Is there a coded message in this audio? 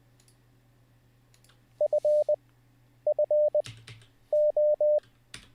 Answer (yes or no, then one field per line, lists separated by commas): yes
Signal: Morse code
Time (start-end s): 1.8-5.0 s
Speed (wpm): 20 wpm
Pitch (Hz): 600 Hz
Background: none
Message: FFO